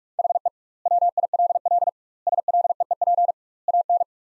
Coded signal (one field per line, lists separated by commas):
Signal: Morse code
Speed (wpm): 46 wpm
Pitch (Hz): 700 Hz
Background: none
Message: HE WILL SLEEP AN